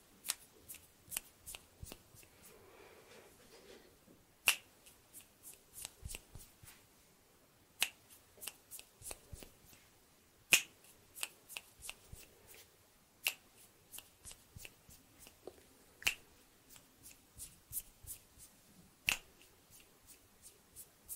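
Finger snaps and fluttering hand sounds play around a microphone, a steady run of sharp dry clicks and rustles coming several times a second. Louder, brighter snaps stand out about every three seconds, with soft fluttery brushing filling the gaps between them.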